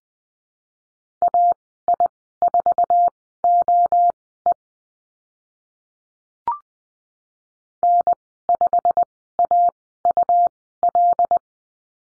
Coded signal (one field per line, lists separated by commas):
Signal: Morse code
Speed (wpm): 20 wpm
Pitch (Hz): 700 Hz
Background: none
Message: AI4OE N5AUL